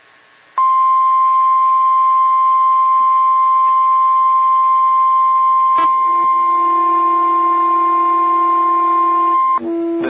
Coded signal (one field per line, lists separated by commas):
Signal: Emergency Alert System (SAME) tones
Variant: 1050 Hz attention tone